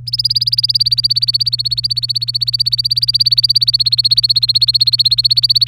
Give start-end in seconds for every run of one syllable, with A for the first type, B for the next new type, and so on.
0.07-5.68 A